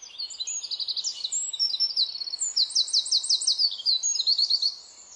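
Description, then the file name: Eurasian wren song, a loud rapid high-pitched outpouring of trills and buzzy rattles lasting about four and a half seconds, with faint low background noise. "Troglodytes troglodytes"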